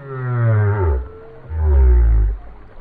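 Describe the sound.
Whale song of two deep, loud, rumbling moans with dense harmonics, each lasting close to a second.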